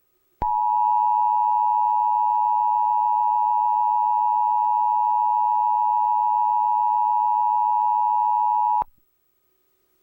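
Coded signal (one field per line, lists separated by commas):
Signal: Emergency Alert System (SAME) tones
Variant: 853 and 960 Hz attention tone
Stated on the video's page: Recreated EAS test alarm edited in CapCut, with added background noise.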